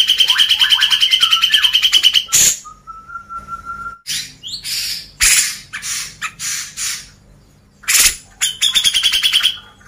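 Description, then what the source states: Grey-cheeked bulbul song opening with a fast repeated rattling chatter, then a flat whistle, followed by several harsh buzzy bursts. Masteran recording, used for training cage birds.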